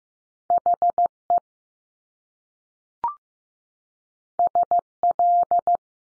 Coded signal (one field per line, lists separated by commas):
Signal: Morse code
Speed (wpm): 15 wpm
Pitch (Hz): 700 Hz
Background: none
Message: H E S L